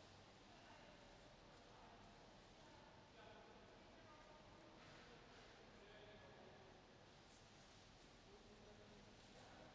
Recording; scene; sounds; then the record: everyday scene through a hearing-aid microphone; reverberant space; background noise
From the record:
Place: railway station hall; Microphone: in the ear canal, left